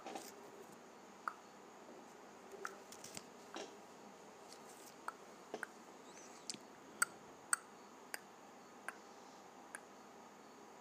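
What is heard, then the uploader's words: Tongue clicks: short, sharp pops at an uneven pace, about one a second, bunching around the seven-second mark with a few stronger snaps. A steady low hiss runs underneath between the clicks. Clicking my Tongue.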